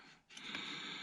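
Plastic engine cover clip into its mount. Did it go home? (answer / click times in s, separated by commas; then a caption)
no / none. While the engine bay of a 2021 Camaro SS is put back together after an E85 install, a plastic engine cover clip is handled toward its mount. A quiet start gives way at about 0.3 s to steady broadband rustling noise, with a brief sharp transient at 0.55 s. The clip is not yet home; nothing has seated or clicked yet.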